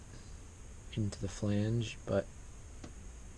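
A damaged telephoto lens bayonet mount, missing a flange tab, is turned into a camera body flange while someone talks. Only a faint short tick is heard near 2.8 s, and the mount has not locked or clicked into place yet.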